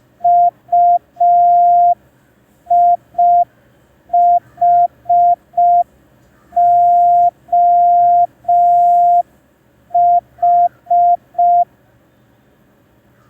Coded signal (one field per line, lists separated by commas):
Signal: Morse code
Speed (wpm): 5 wpm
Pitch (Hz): 700 Hz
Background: none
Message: UIHOH